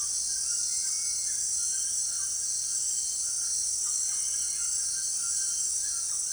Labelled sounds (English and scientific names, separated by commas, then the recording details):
none
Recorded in secondary vegetation near Puerto Asís, Putumayo, Colombia, on 25 June 2025 at 18:00
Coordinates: 0.485, -76.322
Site GP06